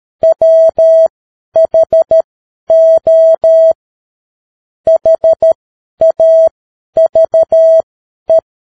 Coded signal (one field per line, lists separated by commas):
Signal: Morse code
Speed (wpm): 13 wpm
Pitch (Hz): 650 Hz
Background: none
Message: WHO HAVE